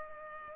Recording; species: mosquito wingbeat signal from an infrared sensor; Culex pipiens